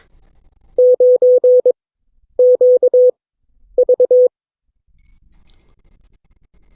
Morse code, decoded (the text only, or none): 9QV